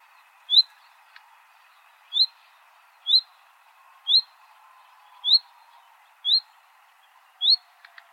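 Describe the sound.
Common nightingale giving a short, clear, rising whistled note, repeated seven times at slightly uneven intervals, against faint background noise.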